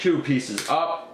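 Two plastic body pieces of a transforming robot toy are being handled and brought together during its shuttle-mode transformation while someone talks. The clip ends before the pieces snap into place; nothing has seated or clicked yet.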